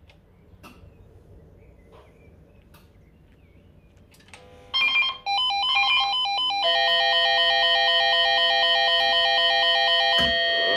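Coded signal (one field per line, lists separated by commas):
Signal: five-tone selective call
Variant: ZVEI with double tone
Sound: quiet room, then a short tone sequence and a loud rapidly warbling pager alert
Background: quiet room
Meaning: Siren test signal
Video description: der Alarmgeber für die 5-Ton-Folge mit Doppelton, ein Funkmeldeempfänger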